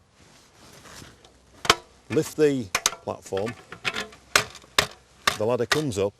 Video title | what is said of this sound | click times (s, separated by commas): On-site. | pull out both of those locking pins right until you hear them click | 1.7 s